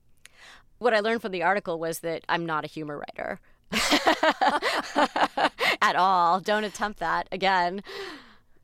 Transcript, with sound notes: What I learned from the article was that I'm not a humor writer (laughter)...
(Laughter).
...At all. Don't attempt that again.